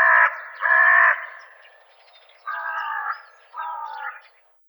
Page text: аудиоопределитель Б.Н. и О.Д. Вепринцевых) Серая ворона